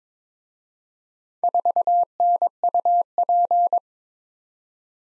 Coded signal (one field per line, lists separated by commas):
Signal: Morse code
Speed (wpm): 26 wpm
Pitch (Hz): 700 Hz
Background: none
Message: 4NUP